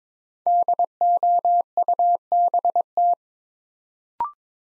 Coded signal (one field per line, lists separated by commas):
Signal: Morse code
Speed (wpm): 22 wpm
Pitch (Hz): 700 Hz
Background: none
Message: DOUBT